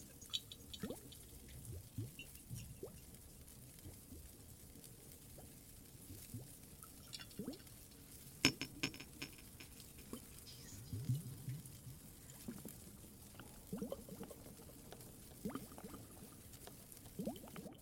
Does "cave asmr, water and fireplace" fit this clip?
yes